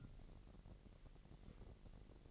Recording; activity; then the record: daily activity, microphone in the room; take from stove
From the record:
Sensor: 4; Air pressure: 1012.8 hPa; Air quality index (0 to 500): 242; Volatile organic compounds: 4 ppm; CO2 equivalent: 1610 ppm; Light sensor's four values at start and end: 24/58/23/23 and 24/58/23/23